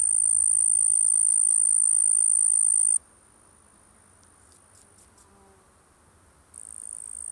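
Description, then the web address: Sphagnum ground cricket song: a high, steady trill for three seconds, a pause with faint scattered ticks, then the trill resumes near the end. "The Songs of Insects. Sphagnum Ground Cricket"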